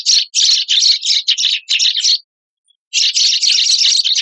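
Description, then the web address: Eurasian tree sparrow chatter, a fast burst of harsh overlapping chirps, a brief pause, then another busy chattering run. "sikioto birds suzume"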